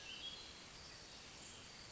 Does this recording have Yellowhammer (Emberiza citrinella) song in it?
no